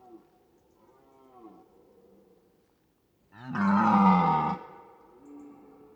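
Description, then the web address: Red deer roar: faint moaning roars at first, then one loud, deep, rasping bellow lasting about a second, with a softer roar trailing after. Red deer roaring in autumn, recorded in a European mountain forest. "Ivo Vicic - European mountain forest animals and soundscapes. Red deer autumn Roaring"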